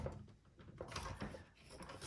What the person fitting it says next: Okay, this one did not click.